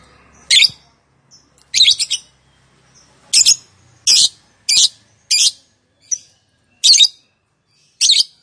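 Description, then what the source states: Lovebird calling with loud, scratchy high chirps, single and clustered, spaced irregularly over the recording. Song style named "konslet".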